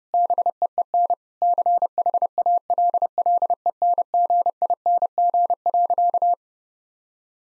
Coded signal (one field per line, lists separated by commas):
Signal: Morse code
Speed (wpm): 30 wpm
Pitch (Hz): 700 Hz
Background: none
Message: BEEN CHALLENGING.